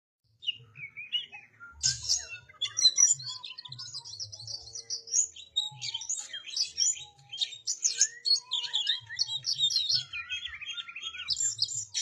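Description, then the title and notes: Oriental magpie-robin singing a rich, varied stream of high whistles, chirps and rapid trills with quick changes in pitch. "suara kacer. kumpulan suara burung kacer"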